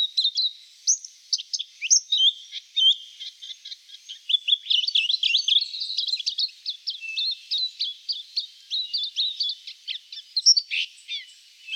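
Silvereye warbling continuously: busy high twitters, trills and sliding whistles run together with hardly a break, a few sharper notes standing out near the end.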